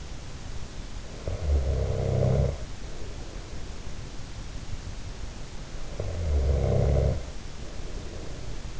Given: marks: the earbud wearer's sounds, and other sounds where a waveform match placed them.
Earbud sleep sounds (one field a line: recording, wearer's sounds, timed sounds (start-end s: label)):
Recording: sounds in sleep by an in-ear microphone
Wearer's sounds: snoring breath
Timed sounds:
0.88-3.68 s: snoring breath
5.78-8.80 s: snoring breath